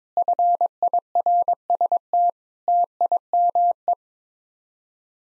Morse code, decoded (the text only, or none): FIRST TIME